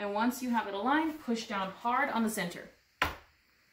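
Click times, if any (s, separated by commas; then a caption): 3.0 s. Someone talks while a storage basket's three plastic teeth are aligned with the slots in the frame of an Evenflo Pivot Xplore Stroller Wagon and the basket is pushed down hard in the center. A sharp click at 3.0 s marks the teeth snapping into the slots, and the basket is seated securely in place.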